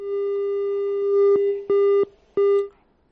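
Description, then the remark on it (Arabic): A telephone busy tone after a caller's call from Jordan drops during a radio phone-in: a steady mid-pitched electronic tone that holds, then breaks into short on-off beeps before cutting out. No voices. “انقطع الاتصال معها.”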